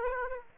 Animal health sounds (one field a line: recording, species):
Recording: mosquito wingbeat signal from an infrared sensor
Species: Aedes aegypti